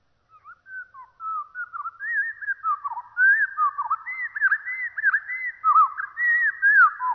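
Overlapping bird whistles rise and fall, building from a few soft notes into a dense stream of clear, looping whistled phrases.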